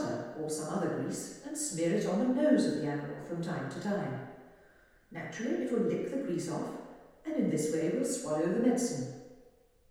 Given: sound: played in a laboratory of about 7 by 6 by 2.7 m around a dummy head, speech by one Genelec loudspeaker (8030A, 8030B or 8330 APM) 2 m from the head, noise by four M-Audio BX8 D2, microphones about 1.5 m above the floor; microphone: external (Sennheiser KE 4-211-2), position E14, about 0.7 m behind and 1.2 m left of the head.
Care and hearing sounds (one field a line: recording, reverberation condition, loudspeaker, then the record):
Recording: female speech in English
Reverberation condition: high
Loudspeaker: in front (0 degrees)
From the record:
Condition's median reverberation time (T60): about 1300 ms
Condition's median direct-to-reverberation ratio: about -4.0 dB